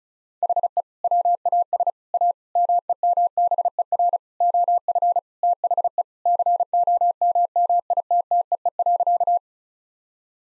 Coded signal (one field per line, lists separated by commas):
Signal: Morse code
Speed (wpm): 34 wpm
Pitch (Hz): 700 Hz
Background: none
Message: HE WAS A MEMBER OF THE COMMITTEE.